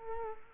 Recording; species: mosquito wingbeat signal from an infrared sensor; Culex quinquefasciatus